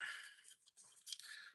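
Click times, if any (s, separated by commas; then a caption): none. A plastic male peg on the laser cannon top of a model kit is pressed into its female mounting socket, giving soft high-pitched scraping and rubbing with a few faint ticks. It doesn't catch, and nothing has seated or clicked yet.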